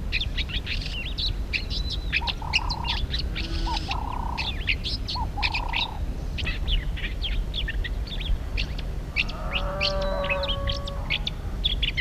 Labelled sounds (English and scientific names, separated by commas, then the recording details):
Southern Fiscal (Lanius collaris) call
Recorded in captivity
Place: Farm Komatzas
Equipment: Halbspur, 9,5 cm/s
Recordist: Lütgens, Hans
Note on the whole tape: Rufe